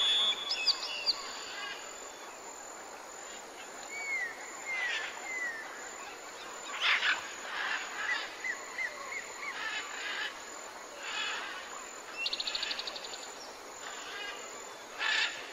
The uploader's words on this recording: Jungle Serenade: A Tropical ASMR Escape. Birds sing in harmonious chorus, leaves sway gently in the breeze, and hidden critters add their own unique melodies. Tropical jungles are teeming with life.